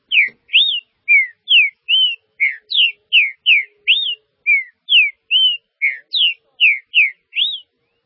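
Green-winged saltator song: a steady series of loud, clear whistled notes, some rising and some falling, about two to three per second without pause.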